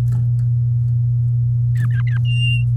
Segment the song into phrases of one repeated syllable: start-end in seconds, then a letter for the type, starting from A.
0.00-0.01 A, 1.75-2.18 B, 2.25-2.64 C